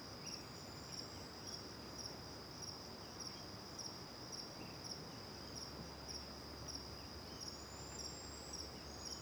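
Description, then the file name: Cricket chirps, an unbroken high trill pulsing about twice each second, with a faint thin bird whistle now and then over a low background rumble. One cricket near and other crickets far, recorded with back to the river at Terra Ronca; various birds; AB stereo recording. "Grilo perto e outros grilos longe de costas para o rio em terra ronca, varios passaros, vaca longe, gravacao em ab"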